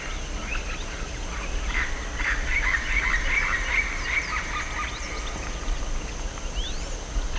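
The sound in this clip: Bird calls: a burst of short, high chirps in the middle, quickly repeated and then fading, over a steady low background hum and faint hiss.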